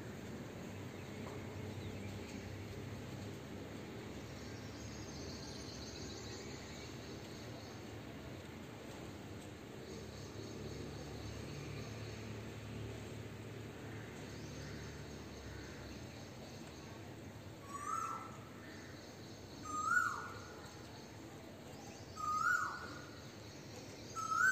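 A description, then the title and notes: Birds call over a steady low hum of traffic. For the first seventeen seconds there is mostly background murmur, then a bird gives short, clear downward-sliding calls about every two seconds, bright. Birds music in lock down at hyderabad.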